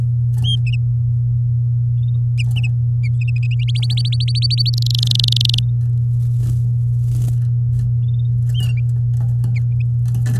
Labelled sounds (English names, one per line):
Domestic Canary song